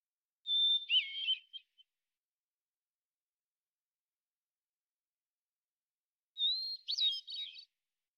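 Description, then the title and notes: Hermit thrush song with two phrases about six seconds apart, each opening on a pure held whistle and breaking into quick, fluty warbles; silence otherwise. Single individual singing a song sequence ending with a block of basic phonemes and variants, at natural pace and rhythm; Pacific Northwest, Washington, United States. "Hermit Thrush, Catharus guttatus, individual performance, song sequence with an end block of example 8 basic phonemes and variants, isolated from original, natural pace and rhythm maintained Recorded in the beautiful Pacific Northwest, Washington, United States"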